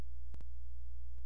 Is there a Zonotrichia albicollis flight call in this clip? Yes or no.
no